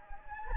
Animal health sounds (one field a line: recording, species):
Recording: mosquito wingbeat signal from an infrared sensor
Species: Anopheles gambiae